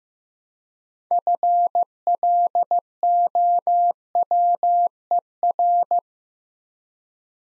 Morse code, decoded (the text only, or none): FLOWER